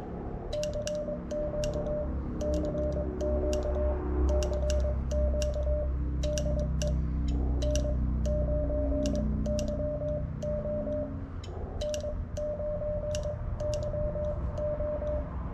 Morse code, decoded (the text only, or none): CQ CQ CQ DE N9YO N9YO